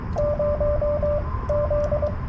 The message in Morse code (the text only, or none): 0Z